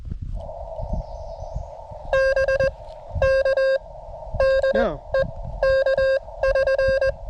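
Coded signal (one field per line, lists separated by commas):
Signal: Morse code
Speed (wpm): 20 wpm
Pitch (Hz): 540 Hz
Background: none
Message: BK DE K <SN>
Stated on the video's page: CW Parks on the Air activation with a Venus SW-3B under rough band conditions.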